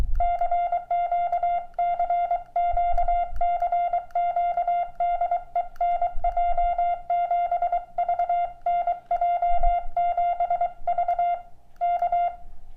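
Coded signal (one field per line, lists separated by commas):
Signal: Morse code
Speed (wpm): 23 wpm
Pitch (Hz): 700 Hz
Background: music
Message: CQ CQ CQ DE NJ7V NJ7V K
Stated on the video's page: Sent with a Brazilian-made mini portable paddle with magnetic returns, for field and summit portable operation.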